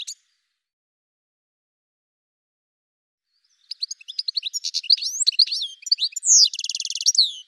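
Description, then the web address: Bird song: near silence for several seconds, then a high, varied twitter with quick slurred notes and a loud buzzy trill. "cianscape birddata Deverinetal 2025 Bird Ca Ca Ca Ca"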